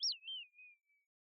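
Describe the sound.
Bird call: one thin, high whistled note that drops in pitch and trails off into a long fading tone, with no other sounds.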